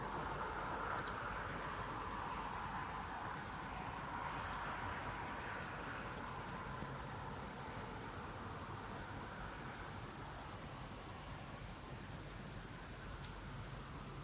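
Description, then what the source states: Crickets giving a high, rapidly pulsing trill that stops briefly a few times and then resumes, with a quiet low background. Crickets chirping at sunset.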